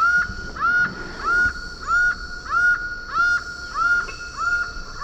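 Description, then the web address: Laughing falcon calls, rhythmic rising 'wah' notes repeated about every two-thirds of a second, strong and clear over a quiet background. Recorded in Ecuador. "Natures Songs S America Birds of Ecuador Laughing Falcon"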